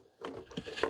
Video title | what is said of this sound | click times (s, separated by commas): Roborock Z70 Maintenance Deep-Dive + 6-Month Verdict: Gen-1 Arm Pros & Cons - Is It Worth It? | and clicks back into place. | 0.2 s, 0.6 s, 0.8 s